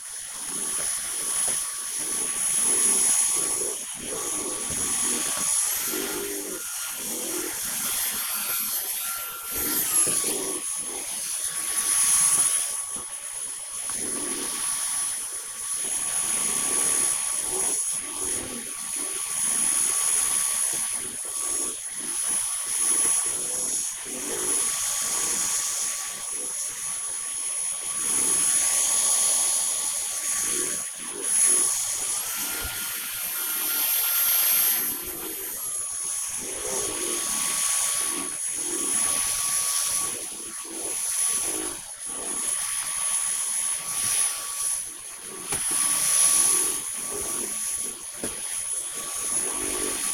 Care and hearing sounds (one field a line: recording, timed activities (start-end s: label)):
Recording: household activities, microphone on the right wrist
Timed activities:
0.00-50.14 s: vacuum cleaning